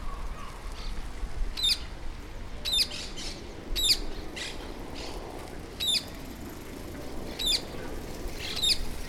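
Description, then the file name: Rose-ringed parakeet call, a single harsh, shrill screech repeated every one to two seconds, six times, against a soft, steady background hiss. "freesound cotorra kramer"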